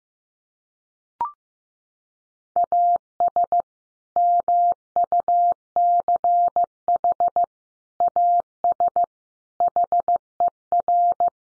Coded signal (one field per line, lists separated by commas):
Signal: Morse code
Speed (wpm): 15 wpm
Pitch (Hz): 700 Hz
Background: none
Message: AS MUCH AS HER